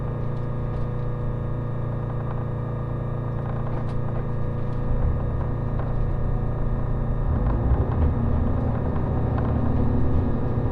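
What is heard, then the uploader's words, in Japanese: Riding the Resort Shirakami No. 4 train on the Gono Line, a steady low engine rumble and hum fills the cabin, swelling slightly after five seconds. 五能線 深浦→岩館 リゾートしらかみ4号。深浦を出ると再び日本海を高い位置から眺めながら走っていきます。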